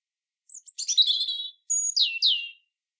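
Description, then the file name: European robin song opening with a high squeaky note and rich trilled warbling, followed by a held thin whistle and two quick downward-sweeping notes. "Erithacus rubecula"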